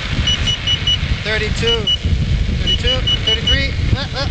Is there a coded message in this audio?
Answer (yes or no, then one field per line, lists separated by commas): no